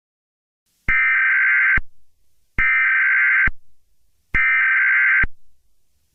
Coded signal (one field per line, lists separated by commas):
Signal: Emergency Alert System (SAME) tones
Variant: header bursts